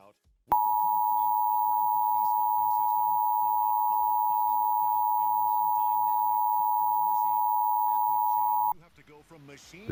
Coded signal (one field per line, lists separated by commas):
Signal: Emergency Alert System (SAME) tones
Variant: 853 and 960 Hz attention tone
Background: speech